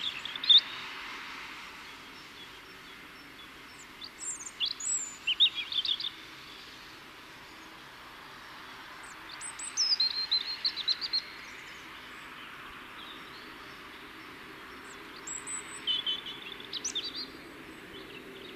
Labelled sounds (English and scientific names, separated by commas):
European Robin (Erithacus rubecula) song